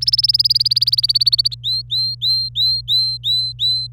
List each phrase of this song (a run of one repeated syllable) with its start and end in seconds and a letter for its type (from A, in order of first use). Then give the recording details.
0.01-1.55 A, 1.64-3.87 B. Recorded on 25 April 2018 at 16:37. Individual llb3